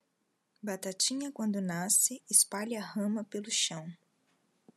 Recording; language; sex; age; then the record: short text; Brazilian Portuguese; female; 40 to 49 years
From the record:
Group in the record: control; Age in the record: 44 years